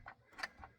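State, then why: Seated. A black wiring connector is pushed back up into the overhead map light housing of a 2007 Dodge 1500 during a map light replacement. Several short plastic clicks sound at about 0.1, 0.4 and 0.6 seconds, with the loudest at 0.4 seconds marking the latch. The connector is seated and clicked in.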